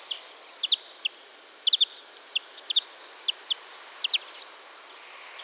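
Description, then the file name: European greenfinch calls: many short bright chips scattered irregularly throughout. "Chloris chloris"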